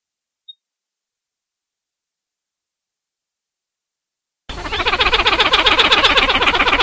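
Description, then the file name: Pied-billed grebe calling: silence, then a fast, steady stream of throaty pulsed notes begins and carries on without a break until the end. "Podilymbus podiceps - Macá pico grueso"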